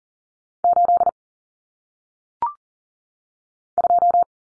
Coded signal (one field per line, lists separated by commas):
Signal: Morse code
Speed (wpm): 40 wpm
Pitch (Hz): 700 Hz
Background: none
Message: 8 2